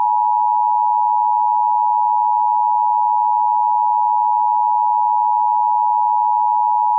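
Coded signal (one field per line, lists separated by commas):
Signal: Emergency Alert System (SAME) tones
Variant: 853 and 960 Hz attention tone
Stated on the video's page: Mockup recreation of an Emergency Broadcast System test as it might have aired on WQAD-TV 8, Moline, Illinois.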